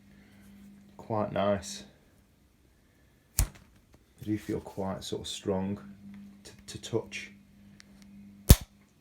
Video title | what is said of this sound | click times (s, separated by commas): MSR Elixir 2 V2 | got quite nice click in there and of | 8.5 s